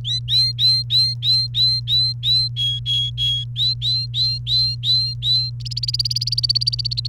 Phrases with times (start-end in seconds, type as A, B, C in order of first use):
0.04-2.48 A, 2.56-3.44 B, 3.56-5.50 A, 5.60-7.07 C